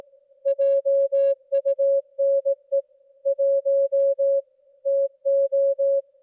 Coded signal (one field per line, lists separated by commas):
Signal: Morse code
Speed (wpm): 18 wpm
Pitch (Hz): 550 Hz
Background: music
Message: JUNE 1 TO